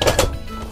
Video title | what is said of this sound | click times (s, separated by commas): Handyman Hal explores the Toy Box - Tool Box and ToyBox for Kids | line it up and slide it straight back you're gonna hear it click | 0.0 s